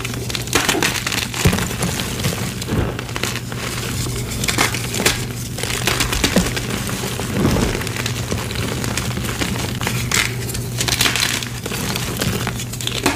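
Gym chalk blocks are crushed continuously, giving a dense, gritty crumbling and crackling that fills the whole 13 seconds. Sharper snaps and breaks stand out around 1.5, 2.8, 5, 7.5 and 11 seconds, over a steady low hum.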